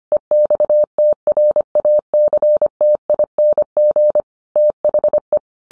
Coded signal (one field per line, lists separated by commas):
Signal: Morse code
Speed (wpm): 25 wpm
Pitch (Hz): 600 Hz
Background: none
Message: EXTRACTING THE